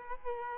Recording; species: mosquito wingbeat signal from an infrared sensor; Culex quinquefasciatus